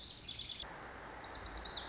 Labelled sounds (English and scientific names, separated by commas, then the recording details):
Lazuli Bunting (Passerina amoena)
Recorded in Sonoma County, California